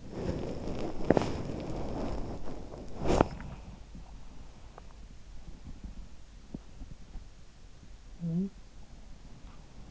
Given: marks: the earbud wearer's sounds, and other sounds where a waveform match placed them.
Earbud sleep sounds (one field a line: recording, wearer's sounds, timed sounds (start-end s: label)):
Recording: sounds in sleep by an in-ear microphone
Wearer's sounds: body movement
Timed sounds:
0.00-3.23 s: body movement
8.18-8.76 s: sound from someone else or the room